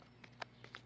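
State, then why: Not seated. A knife is handled at the mouth of a homemade sheath with a gouged wood insert, made in the traditional Finnish puukko style. A few short, sharp ticks sound at about 0.2, 0.4, 0.6 and 0.7 s over a low steady hum, with the loudest at 0.4 s. The knife has not clicked into the sheath yet.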